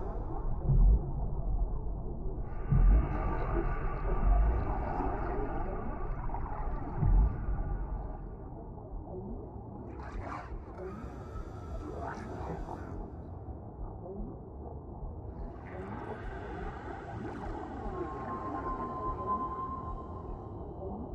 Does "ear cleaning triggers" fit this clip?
no